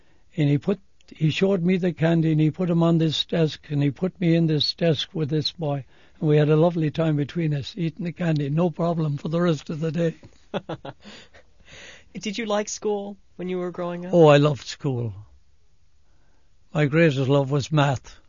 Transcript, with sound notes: And he showed me the candy and he put 'em on this desk and he put me in this desk with this boy, and we had a lovely time between us eatin' the candy. No problem for the rest of the day.
(laughs) Did you like school, when you were growing up?
Oh, I loved school. My greatest love was math.